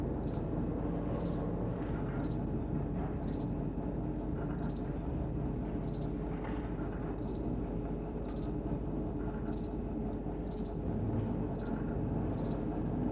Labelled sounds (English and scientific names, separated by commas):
House Cricket (Acheta domesticus)